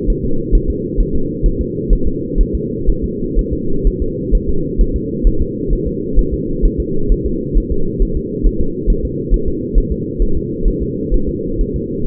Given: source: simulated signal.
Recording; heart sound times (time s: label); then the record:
fetal heart sounds
0.10 s: S1
0.25 s: S2
0.55 s: S1
0.70 s: S2
1.00 s: S1
1.15 s: S2
1.46 s: S1
1.61 s: S2
1.93 s: S1
2.07 s: S2
2.41 s: S1
2.55 s: S2
2.90 s: S1
3.04 s: S2
3.39 s: S1
3.53 s: S2
3.87 s: S1
4.02 s: S2
4.35 s: S1
4.49 s: S2
4.81 s: S1
4.96 s: S2
5.27 s: S1
5.42 s: S2
5.73 s: S1
5.87 s: S2
6.19 s: S1
6.34 s: S2
6.65 s: S1
6.80 s: S2
7.12 s: S1
7.26 s: S2
7.58 s: S1
7.72 s: S2
8.03 s: S1
8.17 s: S2
8.47 s: S1
8.61 s: S2
8.90 s: S1
9.05 s: S2
9.34 s: S1
9.48 s: S2
9.78 s: S1
9.92 s: S2
10.22 s: S1
10.37 s: S2
10.68 s: S1
10.82 s: S2
11.14 s: S1
11.29 s: S2
11.61 s: S1
11.76 s: S2
From the record:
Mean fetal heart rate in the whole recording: 130 bpm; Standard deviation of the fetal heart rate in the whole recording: 4 bpm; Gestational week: 38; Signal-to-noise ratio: -8.1 dB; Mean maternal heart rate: 72 bpm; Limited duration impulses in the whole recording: absent